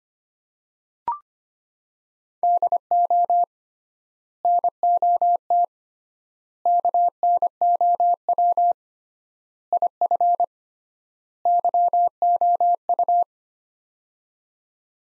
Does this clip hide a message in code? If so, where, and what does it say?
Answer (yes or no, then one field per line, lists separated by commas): yes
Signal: Morse code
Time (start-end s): 2.4-13.2 s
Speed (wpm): 25 wpm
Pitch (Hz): 700 Hz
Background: none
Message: DO NOT KNOW IF YOU